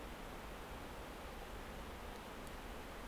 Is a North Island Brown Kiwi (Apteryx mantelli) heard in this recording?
no